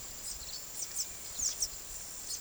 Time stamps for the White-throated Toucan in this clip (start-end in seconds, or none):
none